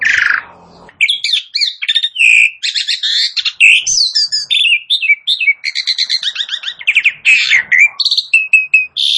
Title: Jalak Suren Langsung Bunyi